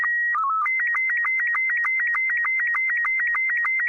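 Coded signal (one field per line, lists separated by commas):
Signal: SSTV (slow-scan television)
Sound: steady high whistle, brief lower warbling tones, then rapid rhythmic chirping scan tone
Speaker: use the file as if it were an sstv signal i tried this for an hour and i was unable to do it although the audio is clearly sstv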